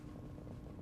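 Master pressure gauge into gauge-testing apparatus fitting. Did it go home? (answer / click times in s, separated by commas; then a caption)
no / none. A master pressure gauge is handled at a gauge-testing apparatus, about to be pressed down onto its fitting. A steady low hum fills the clip with no sharp transients, and nothing has seated or clicked yet.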